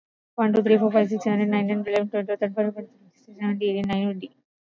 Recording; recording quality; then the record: counting at a fast pace; excellent, no background noise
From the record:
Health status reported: exposed to COVID-19, no respiratory illness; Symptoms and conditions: sore throat, muscle pain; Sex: female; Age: 25 years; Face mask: worn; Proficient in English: yes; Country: India